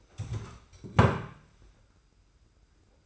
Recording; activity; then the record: daily activity, microphone in the room; stand up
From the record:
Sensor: 2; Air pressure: 991.5 hPa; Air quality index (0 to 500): 182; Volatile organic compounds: 1000 ppm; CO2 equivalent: 5908 ppm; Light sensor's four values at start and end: 27/85/33/32 and 24/78/31/29